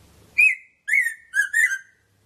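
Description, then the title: Red-throated parrotfinch calls: four strong, harmonic notes, each a sharp attack drawn into a steady whistle, the last two nearly joined. "Erythrura Psittacea"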